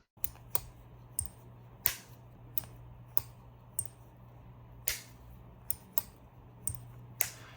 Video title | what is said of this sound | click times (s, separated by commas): Does the Hedgehog have some real competition in the budget slip joint realm | Yeah, it snaps back into place. How what's it sound like? Let's see what it sounds like. | 0.2 s, 1.9 s, 2.6 s, 4.9 s, 6.0 s, 7.2 s